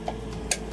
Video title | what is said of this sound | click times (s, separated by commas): How To Blow Fiber Optic Cable - A step-by-step fiber jetting tutorial | drops into place you can hear it click | 0.5 s